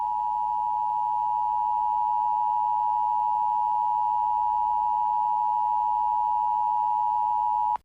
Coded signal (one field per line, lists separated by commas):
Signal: Emergency Alert System (SAME) tones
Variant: 853 and 960 Hz attention tone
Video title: THEY ARE HERE ! A War of The Worlds EAS